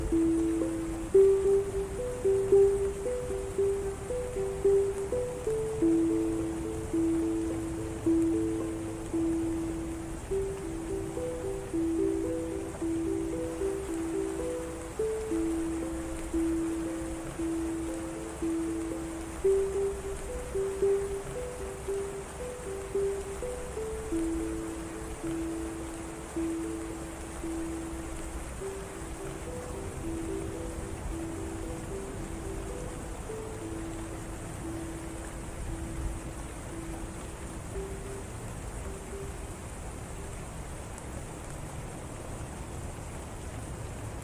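A ukulele plays a slow, simple melody of plucked notes over a steady, even hiss of rain. The notes thin out and grow softer after about thirty seconds, and the rain carries on unchanged to the end.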